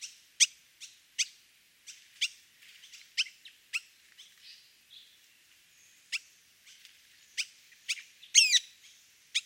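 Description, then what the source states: Sultan tit giving sharp, clipped high notes at irregular intervals, with a brief burst of squeaky chatter near the end, against a quiet background. Two birds calling to each other; recorded in Thailand.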